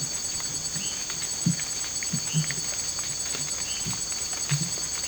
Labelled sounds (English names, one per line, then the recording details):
none
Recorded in dense forest near Puerto Asís, Putumayo, Colombia, on 22 December 2024 at 18:30
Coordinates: 0.484, -76.317
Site G026